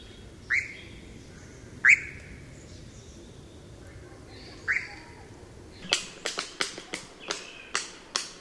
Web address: Przyroda Ptaki Lelek